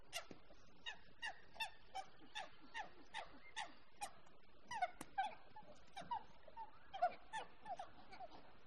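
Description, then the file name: Monkey calling: a long series of short, sharp yelps at a quick, fairly steady pace. "audio hero Monkey"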